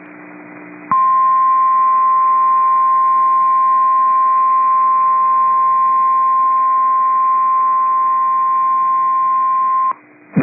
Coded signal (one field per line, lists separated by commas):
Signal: Emergency Alert System (SAME) tones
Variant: 1050 Hz attention tone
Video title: Severe Thunderstorm Warning (Dane and Iowa Counties, WI) (8/16/25) [EAS #282]